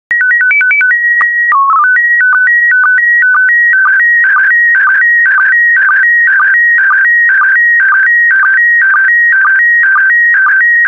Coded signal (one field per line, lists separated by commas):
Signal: SSTV (slow-scan television)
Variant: PD 120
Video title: 50068 California Parks SSTV PD120